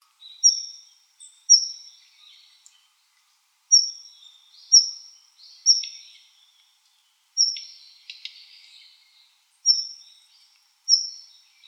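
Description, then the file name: Daurian redstart calling thin, high, slightly falling whistles, repeated every one to two seconds or so, with a few soft notes between them. "jobitaki 161116"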